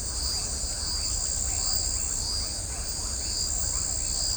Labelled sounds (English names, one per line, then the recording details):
none
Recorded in shrubland near Pivijay, Magdalena, Colombia, on 3 June 2023 at 20:30
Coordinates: 10.453, -74.365
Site P5-G022